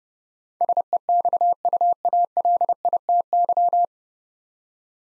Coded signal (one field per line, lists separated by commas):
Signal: Morse code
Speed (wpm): 30 wpm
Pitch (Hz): 700 Hz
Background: none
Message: SEXUALITY